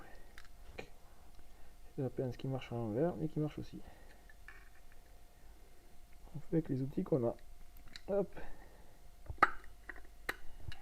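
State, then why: Seated. A circlip is fitted onto the original clutch assembly of an MBK 51 Magnum moped, with its metal parts, while someone talks. A sharp metallic snap at 9.4 s marks the circlip seating into its groove, checked and confirmed as properly engaged.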